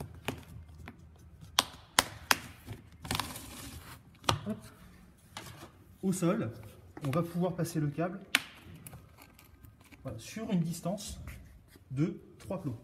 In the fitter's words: Alors on vient insérer ça entre des plots, c'est ça? Ça se clipse assez facilement, visiblement. Tout à fait. Hop.